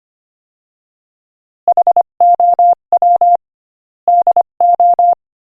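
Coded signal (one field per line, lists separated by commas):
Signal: Morse code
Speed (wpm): 25 wpm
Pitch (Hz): 700 Hz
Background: none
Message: HOW DO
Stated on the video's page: Morse code practice at 25 wpm, sending a joke.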